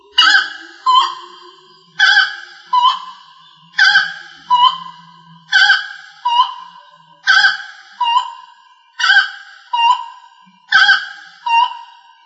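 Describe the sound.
Rail repeating loud, nasal honks in steady pairs, each bright note followed by a softer, lower one, about seven pairs in twelve seconds with a faint low rumble.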